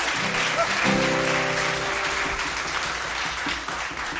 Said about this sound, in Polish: Brawa dla niego.